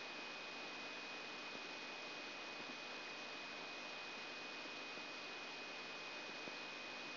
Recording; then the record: brain microelectrode recording played as sound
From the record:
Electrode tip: outside the subthalamic nucleus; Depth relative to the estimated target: -8 mm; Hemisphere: right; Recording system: AlphaMap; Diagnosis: Parkinson's disease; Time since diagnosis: 7 years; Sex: female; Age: 56 years